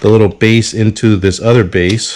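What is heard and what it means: Someone talks while handling the small plastic base of a 1999 IBM web camera, getting ready to slide it into the plastic laptop mounting base. Nothing has seated or clicked yet.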